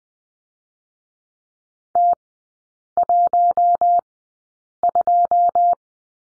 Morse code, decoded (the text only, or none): T 1 2